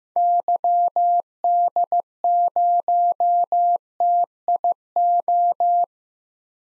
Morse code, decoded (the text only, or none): YD0TIO